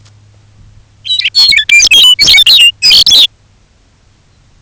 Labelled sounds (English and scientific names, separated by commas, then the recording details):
Lapland Longspur (Calcarius lapponicus), unidentified sound
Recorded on Arctic tundra, site UTQI-5, on 19 June 2019
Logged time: 22:00